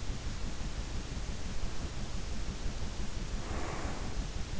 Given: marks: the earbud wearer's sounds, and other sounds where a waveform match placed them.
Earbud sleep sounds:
sounds in sleep by an in-ear microphone; breath
1.54-4.27 s: breath

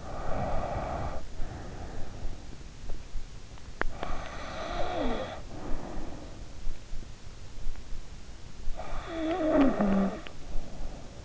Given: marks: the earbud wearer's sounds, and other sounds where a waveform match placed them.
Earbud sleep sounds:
sounds in sleep by an in-ear microphone; breath, teeth grinding, snoring breath
0.00-2.63 s: breath
3.84-4.11 s: teeth grinding
3.84-6.39 s: snoring breath
8.82-11.25 s: snoring breath
9.47-9.95 s: teeth grinding

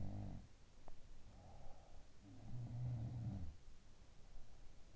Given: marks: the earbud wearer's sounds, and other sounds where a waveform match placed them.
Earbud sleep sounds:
sounds in sleep by an in-ear microphone; teeth grinding
0.00-1.95 s: sound from someone else or the room
0.68-1.03 s: teeth grinding
2.10-4.19 s: sound from someone else or the room

